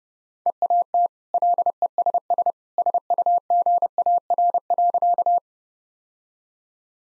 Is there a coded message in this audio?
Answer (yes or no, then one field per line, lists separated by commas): yes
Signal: Morse code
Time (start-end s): 0.5-5.4 s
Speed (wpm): 30 wpm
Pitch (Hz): 700 Hz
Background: none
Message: EAT LESS SUGAR.